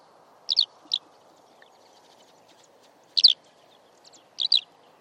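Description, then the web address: Eurasian skylark calls: short, liquid chirrups, mostly double-noted, given in four separate bursts over a low steady background hiss. "Deverinetal"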